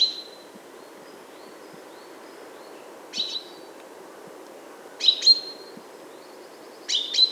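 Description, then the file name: Common chaffinch giving short, sharp high calls in brief clusters at the start, near three seconds, and twice more toward the end, with faint thin whistles between. "Fringilla coelebs"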